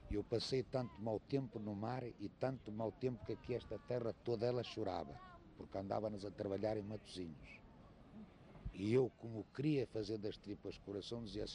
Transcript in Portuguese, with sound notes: Eu passei tanto mau tempo no mar, e tanto mau tempo que aqui esta terra, toda ela chorava. Porque andávamos a trabalhar em Matosinhos, [pausa] e eu, como queria fazer das tripas coração, dizia assim: